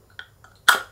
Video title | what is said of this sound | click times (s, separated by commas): Freewell K2 - Ein Filtersystem neu gedacht - Ein System für alles? Wo Licht ist, ist auch Schatten | Und jetzt weiß ich nicht, ob ihr das seht. Das ist jetzt nicht richtig drin. | 0.7 s